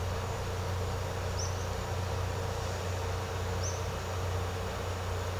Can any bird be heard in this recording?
yes